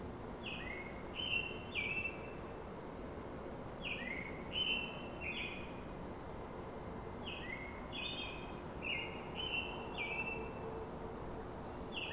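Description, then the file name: American Robin song of repeated liquid whistled phrases in clusters, separated by brief gaps, with low background noise. Sung in the morning. "American Robin greets The Morning"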